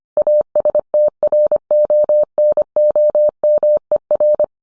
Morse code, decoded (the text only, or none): ASTRONOMER